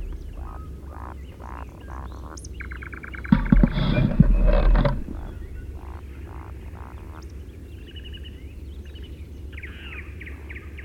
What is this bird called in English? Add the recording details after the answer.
Eurasian Woodcock. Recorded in the wild. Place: Anklam, Mecklenburg-Vorpommern, DE. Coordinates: 53.812, 13.861. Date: 1980-05-24. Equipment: Nagra III BH, Sennheiser MD 21, parabola. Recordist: Schubert, Michael. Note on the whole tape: Rufe und Zwitschern Waldschnepfe